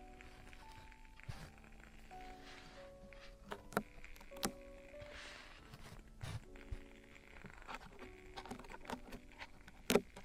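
Traditional Chinese ear cleaning and earwax removal, heard as small scraping, rubbing and clicking sounds scattered through the ten seconds. Sharp ticks land around four and ten seconds over a quiet, steady hum. Thin, flat tones come and go throughout.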